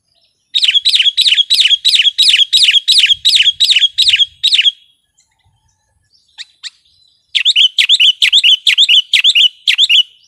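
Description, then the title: Sooty-headed bulbul singing fast runs of lively bubbling notes, a long burst, a pause with a couple of faint notes, then another rapid burst. "kutilang"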